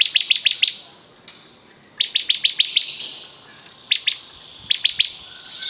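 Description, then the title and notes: Bar-winged prinia song of quick, shrill repeated chips delivered in short bursts, with a quiet pause between phrases. Singing vigorously ('gacor'). "Suara Burung Ciblek Gacor"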